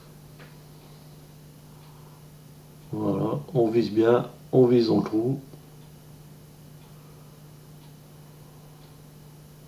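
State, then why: Not seated. An Asus PCE AC56 Wi-Fi expansion card is lined up with the motherboard's PCIe slot before being pressed in, while someone talks over a steady low hum. The card has not yet seated or clicked into the slot.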